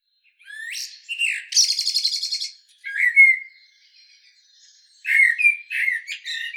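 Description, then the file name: Common blackbird giving a whistled note, a buzzy rattling stretch, another whistle, then a burst of varied high notes. "Turdus merula"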